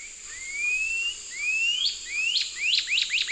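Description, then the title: Bird song: a run of rising whistled sweeps that grow shorter and faster, ending in quick repeated upslurred notes over a steady high hiss. "LuckyPassaro Completos2Sama"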